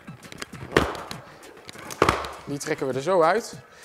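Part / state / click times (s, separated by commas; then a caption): fabric liner neck roll press studs in a helmet shell / released / 0.8 s, 2.0 s. The removable neck roll is pulled out of the inner liner of a Caberg Stunt motorcycle helmet shell, where it is fastened at the back with fabric press studs. Two sharp pops are heard at 0.8 s and 2.0 s as the studs snap open and release the neck roll, with a few lighter handling clicks around them. Someone talks near the end.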